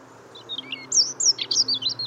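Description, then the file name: European robin singing a short, jumbled phrase of high, thin whistles and quick slurred notes, growing louder midway, over a faint low hum. "Erithacus rubecula"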